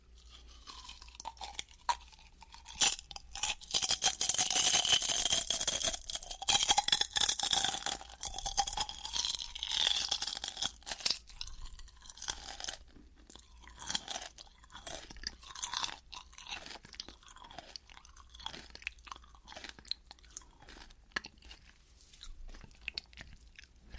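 Crunching of someone eating chips, with dense, rapid crisp snaps and chewing through the first ten seconds. The bites then thin out into sparser, softer chews and occasional crackles, with brief quiet gaps toward the end.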